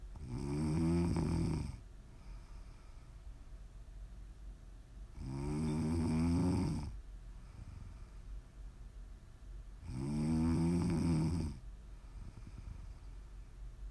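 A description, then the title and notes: Loud, low snores come in three long rasping breaths, at the start, around six seconds and near eleven, with quiet breathing between. ASMR snoring.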